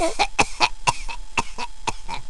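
A rapid run of about nine short, sharp coughs from an adult in just over two seconds, in a small room.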